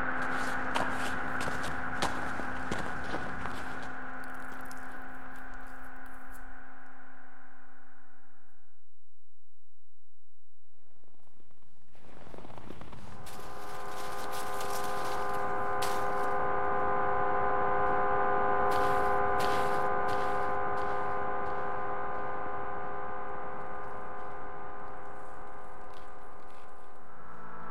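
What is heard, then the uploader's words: Generative ambient piece: sustained synthesized microtonal chords ring steadily while scattered crackly textures like paper, snow and salt sprinkle through. Around nine seconds everything fades to near silence, then rustles return and the chord swells back from about thirteen seconds, denser and brighter. Generative ambient composition made of normally distributed sounds including recorded samples (paper, snow, salt) and synthesized microtonal chords.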